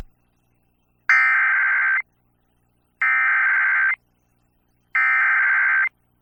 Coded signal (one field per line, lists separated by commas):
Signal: Emergency Alert System (SAME) tones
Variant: header bursts